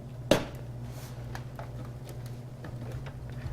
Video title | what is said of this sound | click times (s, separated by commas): How To Build A Gaming PC Computer - July 2014 - GoPro | and the clip on the side should click into position once I get it properly aligned | 0.3 s